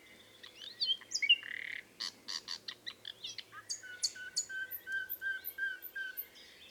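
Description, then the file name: Common nightingale song of varied chirps, clicks and whistled notes in quick succession, rather faint. "Luscinia megarhynchos"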